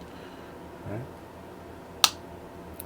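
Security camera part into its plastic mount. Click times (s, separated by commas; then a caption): 2.0 s. A plastic part of a small indoor security camera is pressed into its plastic stand or mount. After a soft low rustle near 0.9 s, one sharp, loud pop at 2.0 s marks the part popping into place and seating, followed by a faint tick at 2.8 s.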